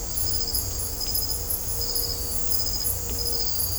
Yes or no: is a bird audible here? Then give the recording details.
no. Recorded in dense forest near Puerto Asís, Putumayo, Colombia, on 20 December 2024 at 00:00. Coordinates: 0.503, -76.323. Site G043